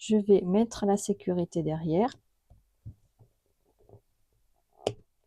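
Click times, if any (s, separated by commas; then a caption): 4.9 s. Someone talks, then a plastic safety backing washer is pushed onto the stem of a plastic safety eye from behind the crocheted fabric, with a few faint small sounds along the way. A sharp snap at 4.9 s marks the washer seating on the eye stem.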